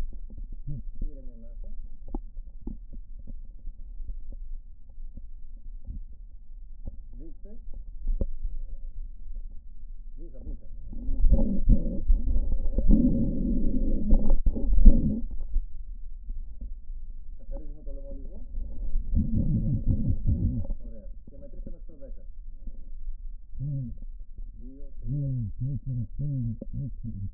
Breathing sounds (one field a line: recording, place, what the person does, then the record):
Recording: lung sounds by stethoscope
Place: right posterior basal chest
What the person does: quiet breathing, then cough and speech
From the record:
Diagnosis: pulmonary infection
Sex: male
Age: 74 years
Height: 171 cm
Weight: 80 kg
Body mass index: 27.4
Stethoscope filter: diaphragm mode